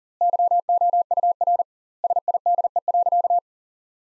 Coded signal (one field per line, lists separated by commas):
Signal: Morse code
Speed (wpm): 40 wpm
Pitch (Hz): 700 Hz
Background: none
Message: YOUR SIDE.